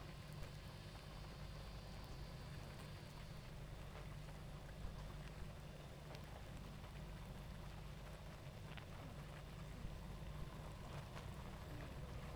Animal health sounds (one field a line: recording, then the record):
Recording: honeybee colony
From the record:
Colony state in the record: active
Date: 28 July 2017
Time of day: 19:19